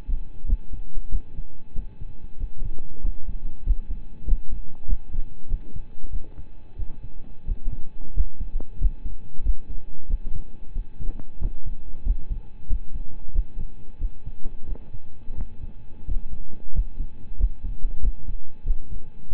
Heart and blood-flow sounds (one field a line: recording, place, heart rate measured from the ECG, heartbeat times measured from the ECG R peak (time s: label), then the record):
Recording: heart sounds by stethoscope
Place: between the tricuspid and mitral areas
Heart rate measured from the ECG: 92 bpm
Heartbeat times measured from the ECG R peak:
0.46 s: heartbeat
1.09 s: heartbeat
1.73 s: heartbeat
2.37 s: heartbeat
3.02 s: heartbeat
3.64 s: heartbeat
4.25 s: heartbeat
4.86 s: heartbeat
5.47 s: heartbeat
6.10 s: heartbeat
6.76 s: heartbeat
7.45 s: heartbeat
8.14 s: heartbeat
8.78 s: heartbeat
9.43 s: heartbeat
10.07 s: heartbeat
10.73 s: heartbeat
11.39 s: heartbeat
12.03 s: heartbeat
12.67 s: heartbeat
13.32 s: heartbeat
13.98 s: heartbeat
14.66 s: heartbeat
15.35 s: heartbeat
16.05 s: heartbeat
16.72 s: heartbeat
17.36 s: heartbeat
18.00 s: heartbeat
18.63 s: heartbeat
19.29 s: heartbeat
From the record:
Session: rest, lying down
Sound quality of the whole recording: partially saturated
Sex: male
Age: 25 years